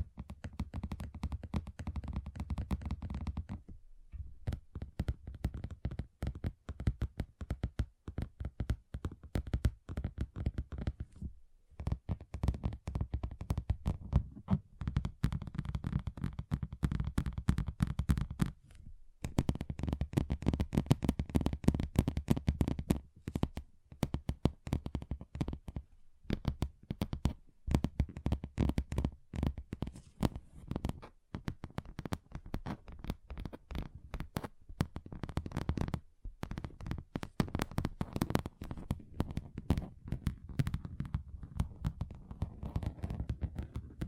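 Fingers tap rapidly on a table, moving across different surfaces, a dense stream of sharp clicks and knocks with a low thudding body. The tapping runs almost continuously, broken by brief silences near 4, 11, 19, 31 and 36 seconds.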